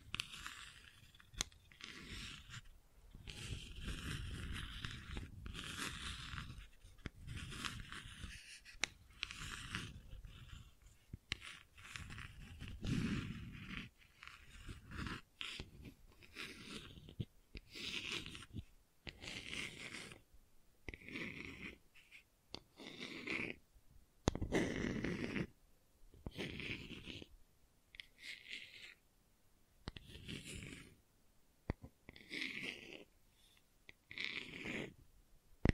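Gentle scratching in soft uneven bursts, dense for the first half then breaking into shorter strokes with brief quiet gaps.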